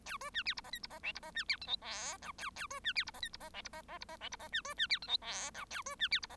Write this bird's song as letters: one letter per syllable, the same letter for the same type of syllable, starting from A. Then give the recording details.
A B C D E F G E F H E F C D I J K L A A B C D E F G E F H E F F E F H E F C B C D I J K L A B C D E F. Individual Bird1